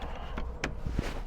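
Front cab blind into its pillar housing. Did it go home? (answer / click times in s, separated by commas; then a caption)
yes / 0.6 s. With the release buttons pressed, the pleated front cab window blind of a new VW Crafter is fed back into its housing in the pillar, and it latches with a sharp click at 0.6 s, confirmed seated in place. Fainter knocks come at about 0.4 s and 1.3 s over a low steady background.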